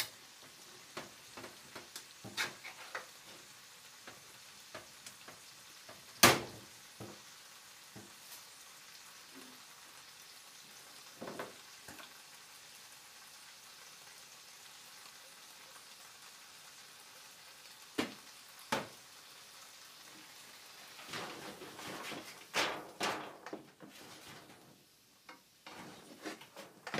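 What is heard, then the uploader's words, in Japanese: Eggplant stewing in tomato sauce, with a soft, steady sizzle running under the whole clip. Sharp utensil clinks and scrapes punctuate it, loudest around six seconds, with more near eleven and eighteen and a busy stretch of stirring from about twenty-one to twenty-five seconds. 環境音 ナスのトマト煮込み。ベーコンの代わりにちくわをいれてみました。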